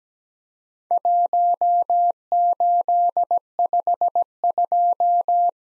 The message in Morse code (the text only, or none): 1852